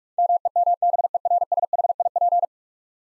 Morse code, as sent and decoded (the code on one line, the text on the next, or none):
-- . -- -... . .-. ... .... .. .--.
MEMBERSHIP